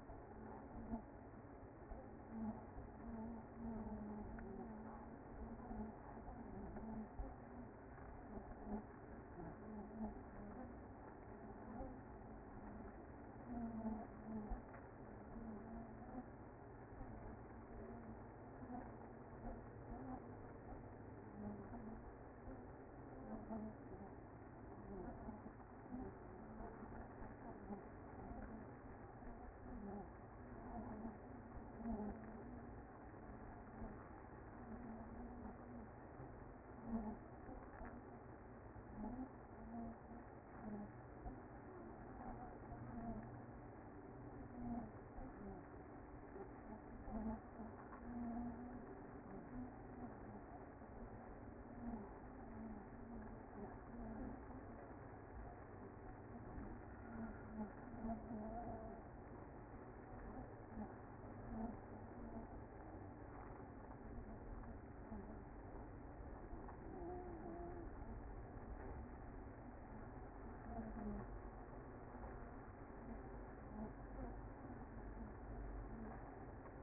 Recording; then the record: honeybee colony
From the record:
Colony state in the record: active